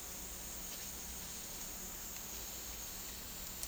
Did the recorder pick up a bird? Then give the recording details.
no. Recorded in dense forest near Puerto Asís, Putumayo, Colombia, on 4 March 2025 at 13:30. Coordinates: 0.499, -76.324. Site GP03